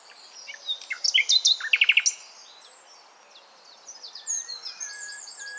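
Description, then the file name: Common nightingale song: a burst of sharp, clipped notes followed by a quick run of repeated high notes, then softer notes. "Luscinia megarhynchos"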